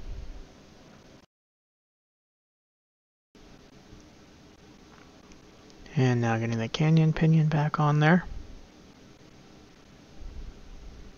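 A small steel cannon pinion is being handled over the center wheel post of an Elgin mechanical watch movement, with faint tiny ticks around 5.0, 5.3 and 5.7 seconds before someone talks from about 6 to 8 seconds. Nothing has seated or clicked yet; the clip ends before the pinion goes home.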